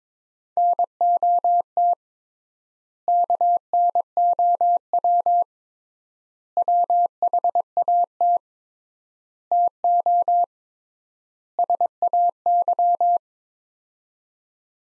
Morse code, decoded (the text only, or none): NOT KNOW WHAT TO SAY